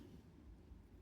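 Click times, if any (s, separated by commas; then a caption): none. A DAKOYU Triton multitool, refitted from G10 to new titanium scales, has one of its implements handled as it is opened toward its liner lock. Only a steady low rumble of handling noise is heard, with no sharp transients. Nothing has seated or clicked yet; the clip ends just before the implement locks into place.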